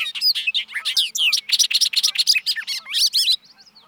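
Bobolink singing a continuous, rollicking string of bright, metallic, jangling notes for over three seconds, then stopping.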